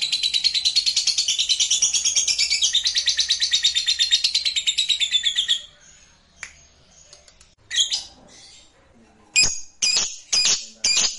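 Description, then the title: Lovebird song: a long, fast, buzzy twittering run of high notes for over five seconds, followed by isolated sharp chirps and squeaks. "Suara Lovebird"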